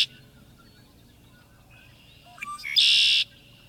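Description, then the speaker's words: Red-winged Blackbird song: a couple of short introductory notes, then a loud, harsh, buzzy trill lasting about half a second. Brassy-voiced song of a marsh bird, compared with two other marsh birds. "The brassy voice belongs to a red-winged blackbird."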